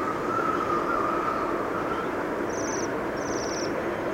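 Bohemian waxwing giving two short, high, buzzy trilled calls in the latter half, over constant rushing background noise with a faint lower whistling tone.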